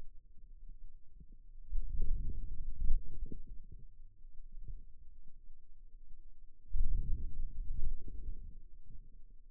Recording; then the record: forearm muscle sounds (acoustic myography)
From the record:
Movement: outward rotation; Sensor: system 2, bracelet of six BSWA MPA416 microphones around the upper forearm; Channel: 1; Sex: male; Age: 22 years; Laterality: right